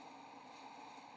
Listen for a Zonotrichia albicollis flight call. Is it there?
no